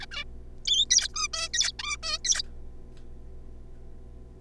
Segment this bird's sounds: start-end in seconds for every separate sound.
0.01-0.06, 0.11-0.24, 0.65-0.85, 0.91-1.08, 1.14-1.27, 1.33-1.48, 1.53-1.72, 1.79-1.97, 2.03-2.18, 2.25-2.42